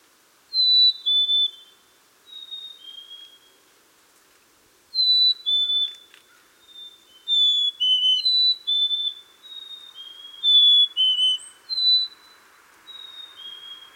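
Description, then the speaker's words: Black-capped chickadees singing clear whistled two-note songs, a higher note dropping to a lower one, repeated by several birds in turn with short pauses between phrases. Several birds singing the phoebe song, used to attract mates or advertise a territory edge; recorded on a spring day in Minnesota. "Here are some chickadees singing the phoebe song on a spring day in Minnesota."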